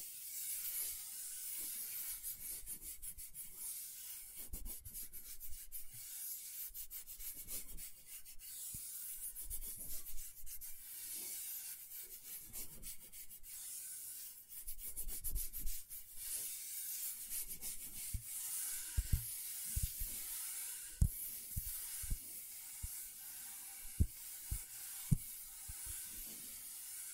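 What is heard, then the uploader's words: Scratchboard being worked: a steady, dry hiss of scraping runs throughout, bright and grainy up high. Short strokes come in irregular bursts, and from about 18 seconds sharper taps and clicks punctuate the scratching every second or two. ASMR Brain Tingling Scratchboard (No Talking).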